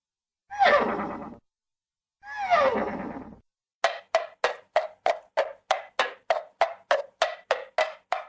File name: horse